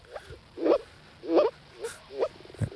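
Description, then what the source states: Moor frog calls: several soft, muffled bubbling notes at uneven intervals. Noted to turn blue.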